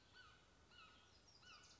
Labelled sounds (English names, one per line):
Mountain Quail